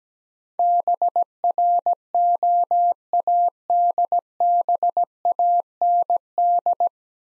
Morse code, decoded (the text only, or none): BROADBAND